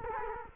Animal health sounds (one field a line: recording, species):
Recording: mosquito wingbeat signal from an infrared sensor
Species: Culex quinquefasciatus